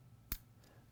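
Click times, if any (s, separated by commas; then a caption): 0.3 s. The elevation knob lock on an Axcel Achieve XP Variable Range compound bow sight is popped up so the adjustment knob can no longer spin. One sharp click sounds at 0.3 s as the lock engages, followed by a faint softer tick around 0.6 s. The lock seats in place.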